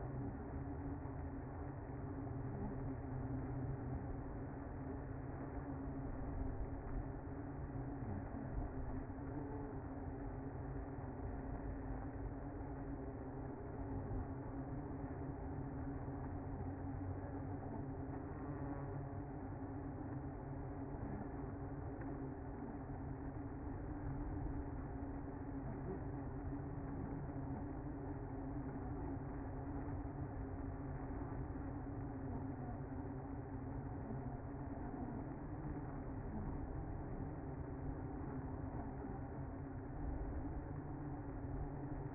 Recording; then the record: honeybee colony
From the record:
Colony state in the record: active